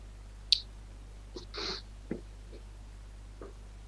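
A handful of irregular keyboard taps, sharp, fairly soft clicks with uneven gaps and one slightly longer clatter, over a steady low electrical hum with no one speaking.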